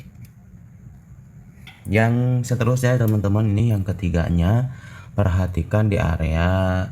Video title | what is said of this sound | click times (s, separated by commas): ATASI INDIKATOR REM NYALA TERUS‼️ REM TANGAN NYALA | Masukin lagi sampai bunyi klik. | 0.2 s